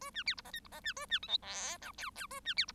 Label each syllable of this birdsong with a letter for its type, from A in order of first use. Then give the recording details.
A B C D E F D E B A B G H I J K K A B C D. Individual Bird1